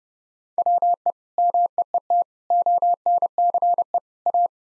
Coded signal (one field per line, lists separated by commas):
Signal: Morse code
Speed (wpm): 30 wpm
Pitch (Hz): 700 Hz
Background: none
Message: WE MEET ONCE A